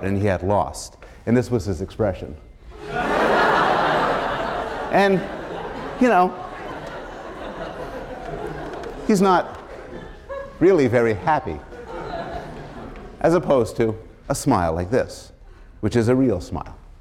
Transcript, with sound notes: And he had lost and this was his expression. [laughter] not really very happy [laughter] as opposed to a smile like this, which is a real smile.